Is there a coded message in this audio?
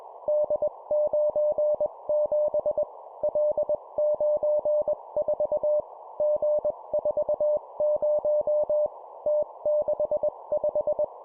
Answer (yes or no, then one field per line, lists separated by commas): yes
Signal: Morse code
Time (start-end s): 0.3-11.0 s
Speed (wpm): 21 wpm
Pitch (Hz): 600 Hz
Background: none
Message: D97 L94 G40 T65